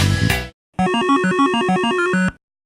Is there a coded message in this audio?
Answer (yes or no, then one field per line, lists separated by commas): no